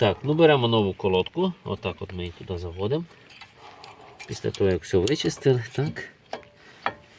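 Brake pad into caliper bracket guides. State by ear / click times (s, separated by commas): seated / 6.9 s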